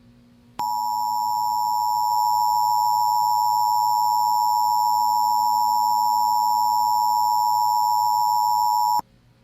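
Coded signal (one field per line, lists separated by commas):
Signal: Emergency Alert System (SAME) tones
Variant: 853 and 960 Hz attention tone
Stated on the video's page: Simulated EAS scenario depicting a fictional Oroville Dam failure and flooding.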